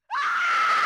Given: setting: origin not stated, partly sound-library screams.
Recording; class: one-second piece from a danger detection set; woman in danger